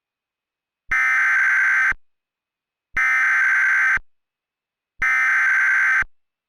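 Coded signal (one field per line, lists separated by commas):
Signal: Emergency Alert System (SAME) tones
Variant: header bursts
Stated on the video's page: Fictional mock EAS alert about a creature based on Minecraft's Breeze.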